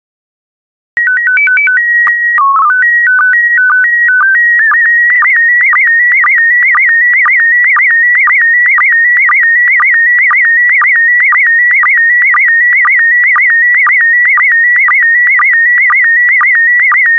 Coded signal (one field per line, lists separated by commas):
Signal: SSTV (slow-scan television)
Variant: PD 120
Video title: 83003 Bali and Indonesia SSTV PD120